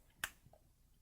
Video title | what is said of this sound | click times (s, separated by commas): Dyecam i4 Mask- Mods/Care/Headcams | you'll hear a click | 0.2 s